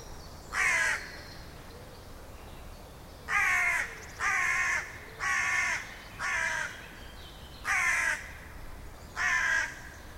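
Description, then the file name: Carrion crow cawing hoarsely: a single caw, then after a pause a series of six harsh caws. "Corvus corone"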